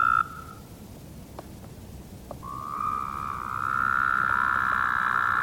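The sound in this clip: Woodhouse's toad call fading out at the start, a quiet gap with a few faint clicks, then a new long buzzy call building in strength and holding steady.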